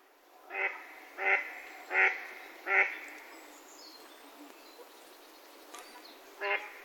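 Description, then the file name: Mallard giving four loud, rasping quacks about two-thirds of a second apart, followed by quiet faint sounds and one final quack. "magamo"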